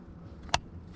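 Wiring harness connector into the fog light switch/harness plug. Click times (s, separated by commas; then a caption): 0.5 s. A keyed wiring harness connector on a 2004 Silverado factory fog light upgrade, which only goes in one direction, is plugged back into the fog light switch/harness plug. Over a low, steady background, one sharp, strong click sounds at 0.5 s, preceded by a faint tick just before it. The connector is seated.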